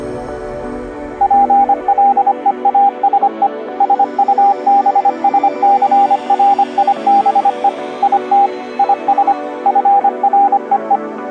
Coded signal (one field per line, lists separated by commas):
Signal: Morse code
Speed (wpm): 25 wpm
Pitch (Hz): 800 Hz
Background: music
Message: PLEASE SUBSCRIBE IT IS FREE